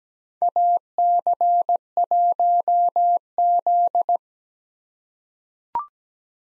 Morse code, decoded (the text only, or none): AC1Z